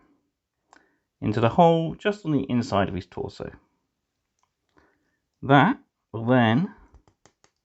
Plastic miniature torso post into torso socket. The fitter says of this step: now it's clicked into place we'll hold everything in perfectly